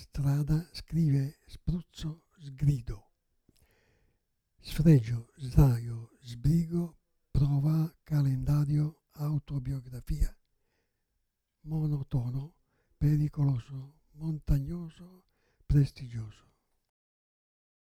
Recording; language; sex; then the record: read list of words; Italian; male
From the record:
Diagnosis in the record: Parkinson's disease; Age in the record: 77 years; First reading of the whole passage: 65 s, 8.0 characters per second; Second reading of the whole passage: 61 s, 8.5 characters per second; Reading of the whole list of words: 50 s, 5.6 characters per second